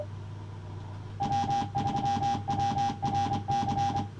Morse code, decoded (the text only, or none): W3WRC